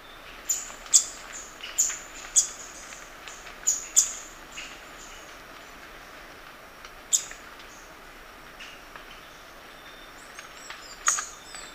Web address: Natures Songs S America Birds of Ecuador Scaly-throated Foliage-gleaner